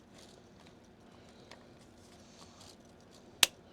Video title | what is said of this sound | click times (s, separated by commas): Agora Models 1:18 scale Mitsubishi A6M Zero Fighter partwork kit pack 9 stages 71 through 77 | there we go a little bit of a positive click and then oh my gosh okay | 3.4 s